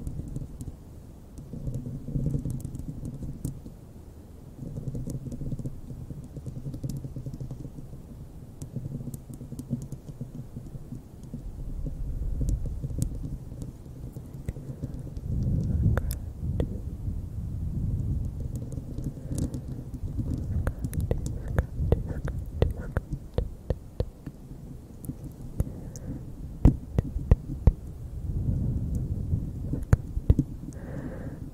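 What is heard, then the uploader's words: Bare mic scratching with a dense, low rumbling rub that runs throughout, pulsing in uneven bursts during the first ten seconds. From about fifteen seconds on, sharp scratchy clicks and taps cut in more often and grow louder, clustering near 26–30 seconds. ASMR bare mic scratching.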